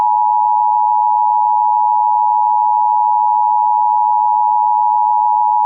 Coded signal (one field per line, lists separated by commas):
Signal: Emergency Alert System (SAME) tones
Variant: 853 and 960 Hz attention tone